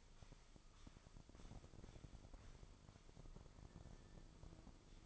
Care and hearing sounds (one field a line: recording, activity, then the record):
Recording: daily activity, microphone in the room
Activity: sweep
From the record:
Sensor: 5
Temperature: 24.6 degrees Celsius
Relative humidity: 32.2%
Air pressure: 996.1 hPa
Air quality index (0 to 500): 100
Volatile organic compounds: 6 ppm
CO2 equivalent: 1921 ppm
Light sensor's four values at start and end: 39/95/38/40 and 40/97/39/41